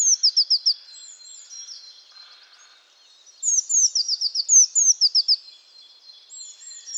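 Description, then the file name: Eurasian blue tit giving fast runs of high, thin descending chips, separated by a quieter stretch with soft chatter. "Cyanistes caeruleus"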